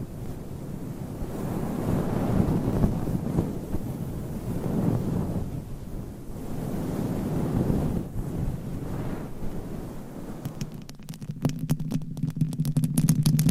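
Nails rub and scratch over a microphone cover, first as a dense, muffled rumbling rustle that swells and eases every second or two. Near the eleven-second mark the texture turns sharp and crackly, with rapid bright scratching clicks over a low steady hum.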